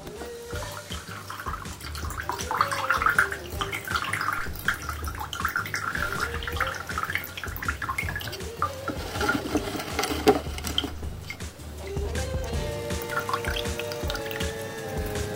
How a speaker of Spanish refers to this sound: Así que nada, voy a agarrar mi filtro de tela. Acá lo tengo. Vamos a ponerlo en un recipiente. Y ponemos la mezcla. Ponemos la mezcla sobre el filtro. Y dejamos que se filtre.